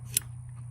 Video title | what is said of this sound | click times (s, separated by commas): 2010 Chevrolet Equinox Front Windshield Wiper Replacement | and you'll hear that click, and you're done. | 0.2 s